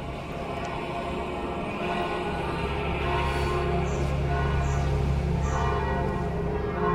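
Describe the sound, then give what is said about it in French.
The church bells of Saint-Pierre and of the parish church peal continuously because mass is about to begin, several bells overlapping into a dense, steady wash of ringing tones that holds an even loudness throughout, with no voices. “Alors là, c'est les cloches de Saint-Pierre que vous entendez, et puis de l'église paroissiale, parce que la messe va commencer.”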